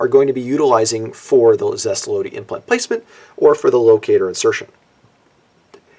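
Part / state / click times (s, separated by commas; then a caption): ratchet insert into dental torque wrench / seated / 5.7 s. A metal ratchet insert is pushed into the head of a dental torque wrench while someone talks for most of the clip. After the speech stops, a short, sharp snap at 5.7 s shows the insert has seated all the way down.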